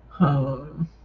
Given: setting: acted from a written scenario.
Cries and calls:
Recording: vocal sound without words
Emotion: guilt

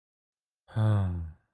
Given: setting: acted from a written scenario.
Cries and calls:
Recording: vocal sound without words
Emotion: sadness

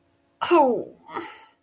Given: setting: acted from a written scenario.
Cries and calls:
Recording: vocal sound without words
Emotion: embarrassment

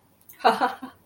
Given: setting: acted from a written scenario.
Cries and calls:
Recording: vocal sound without words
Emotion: amusement

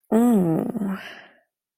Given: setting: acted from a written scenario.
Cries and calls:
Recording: vocal sound without words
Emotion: romantic love

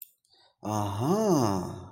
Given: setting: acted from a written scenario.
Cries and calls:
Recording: vocal sound without words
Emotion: realization

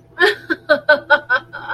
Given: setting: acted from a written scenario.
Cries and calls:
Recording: vocal sound without words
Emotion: ecstasy

